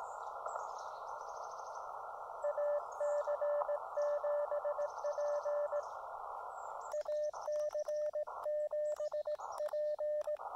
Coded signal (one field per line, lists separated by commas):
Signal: Morse code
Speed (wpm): 18 wpm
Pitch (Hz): 590 Hz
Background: radio noise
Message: AC7P AC7P